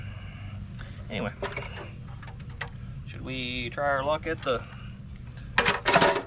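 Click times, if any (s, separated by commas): 5.6 s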